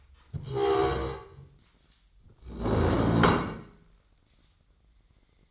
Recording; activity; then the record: daily activity, microphone in the room; stand up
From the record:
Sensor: 3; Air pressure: 1012.3 hPa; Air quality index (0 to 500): 176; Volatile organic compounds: 3 ppm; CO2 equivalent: 1354 ppm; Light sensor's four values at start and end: 66/159/73/80 and 89/191/95/105